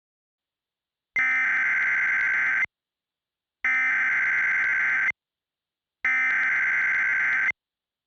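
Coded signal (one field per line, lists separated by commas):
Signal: Emergency Alert System (SAME) tones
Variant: header bursts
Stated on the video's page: Fictional EAS scenario, not a real alert.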